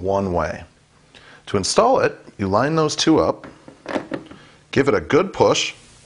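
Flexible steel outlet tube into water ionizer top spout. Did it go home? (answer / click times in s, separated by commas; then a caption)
no / none. Someone talks while a flexible steel outlet tube is lined up by its flat spot with the top spout of an AlkaViva/IonWays Vesta GL-988 water ionizer and pushed hard into it. A few brief, faint handling sounds occur around 3.9 to 4.3 seconds. Nothing has seated or clicked yet by the end of the clip.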